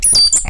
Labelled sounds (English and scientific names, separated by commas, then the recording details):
Stitchbird (Notiomystis cincta) song
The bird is a male
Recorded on Tiritiri Matangi Island, New Zealand, in 2005
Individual 7, of nest box 9